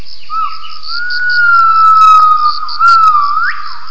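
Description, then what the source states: Gibbon giving a long, pure whistled note that rises slightly and holds steady, dips, then ends in a quick upward sweep, over a constant high insect-like buzz. Gibbon vocalisations used for acoustic triangulation.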